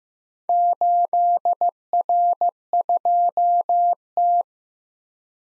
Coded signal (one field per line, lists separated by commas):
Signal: Morse code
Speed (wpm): 15 wpm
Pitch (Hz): 700 Hz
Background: none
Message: 8R2T